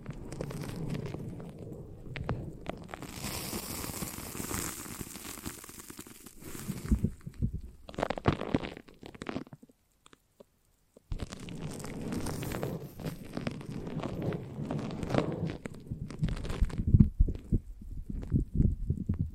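Foamy, sticky squelching and crackling fills a brain-massage recording, dense wet sounds thick in the low end with fizzy crackle up top. Around seven to ten seconds it breaks into sparse squishes and a short silence, then resumes steadily through the end.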